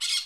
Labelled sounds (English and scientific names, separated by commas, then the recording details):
Brown-throated Parakeet (Eupsittula pertinax) contact call
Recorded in Curacao
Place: Hoffi Jan Thiel
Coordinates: 12.094, -68.877